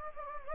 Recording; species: mosquito wingbeat signal from an infrared sensor; Anopheles gambiae